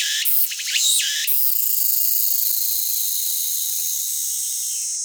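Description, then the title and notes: Cicadas buzzing, a few sharp loud chirping bursts at the start, then a steady high-pitched shimmering drone. Recorded close-up with a parabolic microphone in July at Annakaharuna, Gunma, Kanto region, Japan; males vibrate tymbals; the songs are said to sound electronic. "Cigales électro au Japon"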